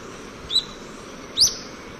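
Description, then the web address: Olive-faced flatbill giving two thin, high call notes, the first soft and short, the second louder and rising, against faint hiss. Recorded in South America, in Ecuador. "Natures Songs S America Birds of Ecuador Olive-faced Flatbill"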